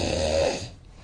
Male snoring.